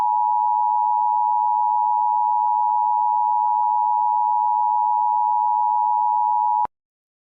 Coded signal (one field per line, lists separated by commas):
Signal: Emergency Alert System (SAME) tones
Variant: 853 and 960 Hz attention tone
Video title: |Part 1| EAS Scenario #21 - Theia Virus (T30-Virus)